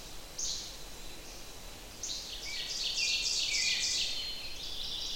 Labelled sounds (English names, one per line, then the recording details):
Ovenbird song
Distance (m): 40 m
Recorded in boreal forest in Alberta, Canada, on 28 June 2016 at 05:06
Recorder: SongMeter 3, array SBT-6-79
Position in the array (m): 41 m, 117 m
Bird 40